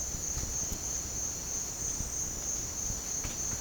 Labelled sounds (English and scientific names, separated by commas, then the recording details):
none
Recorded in pastures near Puerto Asís, Putumayo, Colombia, on 25 June 2025 at 07:30
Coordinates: 0.496, -76.326
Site GP01